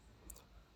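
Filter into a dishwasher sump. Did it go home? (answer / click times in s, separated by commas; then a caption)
yes / 0.3 s. A cleaned plastic filter is refitted into the sump of a Bosch dishwasher by lining up its two arrow marks and twisting it until it locks. A sharp click at 0.3 s is followed by a softer one at 0.4 s over a low background hum. The filter locks into place at 0.3 s.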